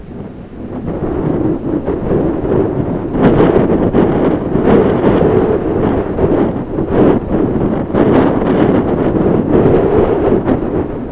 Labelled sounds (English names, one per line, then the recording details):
none
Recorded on Arctic tundra, site ZACK-1, on 16 June 2019
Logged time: 07:49